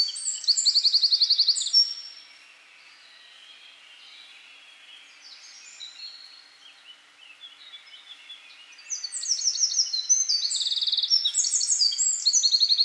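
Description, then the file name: Eurasian wren singing: a brisk high trill fading into softer twittering, followed by another long, vigorous burst of rattling trills and piercing notes. "Troglodytes troglodytes"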